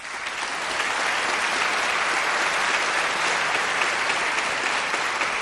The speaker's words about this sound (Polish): Wielkie brawa, bardzo dziękujemy za to wsparcie.